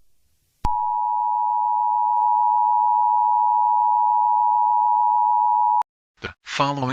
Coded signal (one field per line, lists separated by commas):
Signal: Emergency Alert System (SAME) tones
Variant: 853 and 960 Hz attention tone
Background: speech